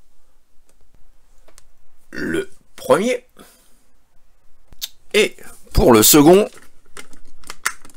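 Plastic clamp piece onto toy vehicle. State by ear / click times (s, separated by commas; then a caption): seated / 7.7 s. Someone talks while a plastic clamp piece of a Takara Diaclone Reboot DA-14 Big Powered transforming robot toy is clipped onto the toy vehicle, with small handling clicks around it. Its two lugs lock in place with a sharp plastic click at 7.7 s, and the clamp is seated.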